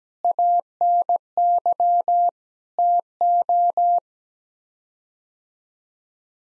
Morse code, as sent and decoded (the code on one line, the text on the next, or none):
.- -. -.-- / - ---
ANY TO